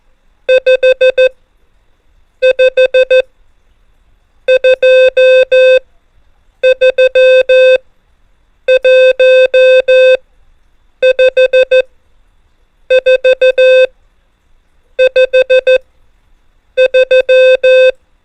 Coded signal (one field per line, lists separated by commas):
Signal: Morse code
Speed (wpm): 14 wpm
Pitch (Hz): 520 Hz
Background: music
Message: 5 5 2 3 1 5 4 5 3